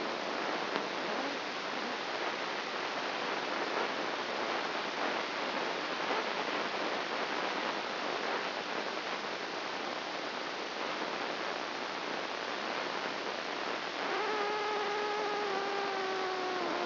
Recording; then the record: brain microelectrode recording played as sound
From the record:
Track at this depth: outside the subthalamic nucleus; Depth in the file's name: 0.407 mm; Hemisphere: right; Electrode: 2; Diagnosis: Parkinson's disease